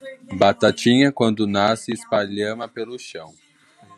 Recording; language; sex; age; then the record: short text; Brazilian Portuguese; male; 20 to 29 years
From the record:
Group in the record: control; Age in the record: 23 years